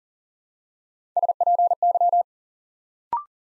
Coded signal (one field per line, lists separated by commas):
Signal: Morse code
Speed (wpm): 39 wpm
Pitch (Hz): 700 Hz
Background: none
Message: SPY